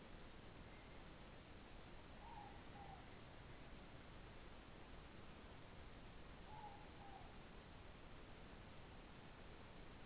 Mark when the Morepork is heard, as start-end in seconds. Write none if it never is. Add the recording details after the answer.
2.06-3.03, 6.30-7.33. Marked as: faintness 2/5. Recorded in New Zealand. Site Taranaki